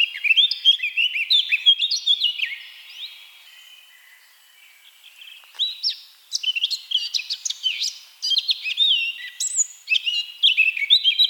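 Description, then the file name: Eurasian blackcap song: dense warbled phrases of mixed whistles and rapid chips, a quieter gap near the middle, then loud varied warbling resumes. "Sylvia atricapilla"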